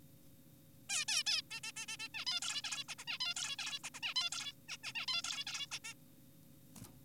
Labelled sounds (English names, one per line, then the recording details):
Zebra Finch
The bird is an adult
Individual g4p5U